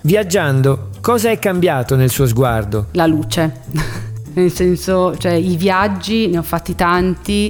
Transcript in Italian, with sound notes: Viaggiando cosa è cambiato nel suo sguardo? La luce. [risata] Nel senso, cioè i viaggi ne ho fatti tanti.